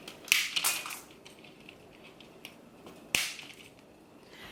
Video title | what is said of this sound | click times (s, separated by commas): DIY: Sequin Shimmer backdrop -- Quick and Easy | and they snap into place really well they are very sturdy | 0.3 s, 3.1 s